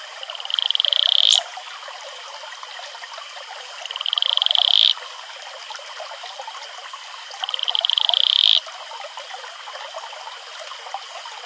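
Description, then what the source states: Atelopus franciscus repeats a high, rapid pulsed trill three times, roughly every three to four seconds, each rising slightly at its end, with stream noise throughout. Male advertisement call.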